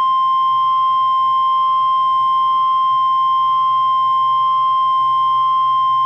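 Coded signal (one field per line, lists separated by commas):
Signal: Emergency Alert System (SAME) tones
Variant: 1050 Hz attention tone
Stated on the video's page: Fictional mock alert with tones generated by the EAS Simulator Pro app on Android.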